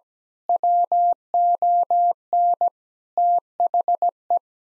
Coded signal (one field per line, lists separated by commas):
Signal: Morse code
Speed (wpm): 17 wpm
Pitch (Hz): 700 Hz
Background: none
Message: WON THE